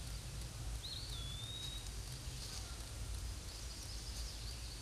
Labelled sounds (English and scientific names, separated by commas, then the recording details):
Eastern Wood-Pewee (Contopus virens) song
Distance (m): 45 m
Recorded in a Pennsylvania forest on 18 May 2023 at 06:19
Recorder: AudioMoth, point grid1_15_low
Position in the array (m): 74 m, 199 m